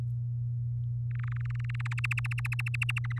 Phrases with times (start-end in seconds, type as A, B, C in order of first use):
1.11-1.94 A, 1.98-3.19 B